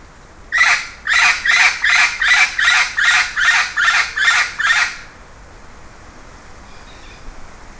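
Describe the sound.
Bird delivering a rapid, regular run of grating screeches lasting about four seconds, followed by quiet.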